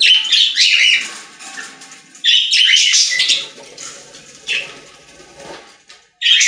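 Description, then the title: Budgerigar chatter, a dense run of warbling, squeaky chirps and scratchy notes in bursts, with brief quieter gaps between phrases. "Budgie Sounds"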